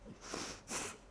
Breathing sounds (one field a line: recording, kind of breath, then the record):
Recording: one breath in and out by a microphone near the nose and mouth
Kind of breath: strong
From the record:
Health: marked as sick, illness not named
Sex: female